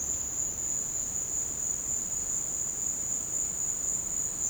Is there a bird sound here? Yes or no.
no